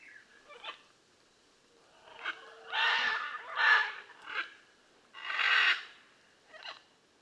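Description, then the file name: Blue-and-yellow macaw uttering loud, grating squawks, some drawn out and raspy, in an irregular series with brief pauses. "Blue and yellow Macaw Ara ararauna"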